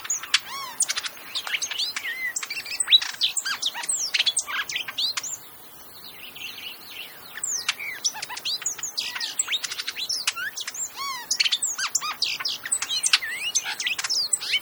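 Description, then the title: Hooded oriole song: dense, varied chatter of high chirps, rising and falling whistles and squeaky notes, with a brief lull near the middle. Played example of its call. "What’s That Bird?: Hooded Oriole"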